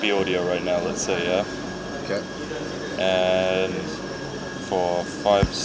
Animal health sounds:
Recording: honeybee colony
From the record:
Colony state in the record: sick (varroa)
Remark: active, noticed varroa and bees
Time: day

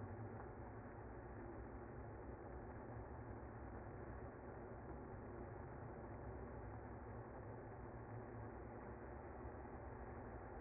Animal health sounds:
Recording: honeybee colony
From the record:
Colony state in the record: active

